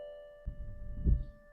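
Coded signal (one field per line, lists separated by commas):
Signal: alarm pattern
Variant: Hyundai parking sensor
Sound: one unbroken mid-pitched beep tone, with low rumbling noise joining partway through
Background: low rumble, handling noise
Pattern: continuous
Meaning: Continuous beep means an obstacle is very close behind the car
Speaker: एकदम रेड आने लगा। ठीक है? नॉनस्टॉप बीप आ रही है।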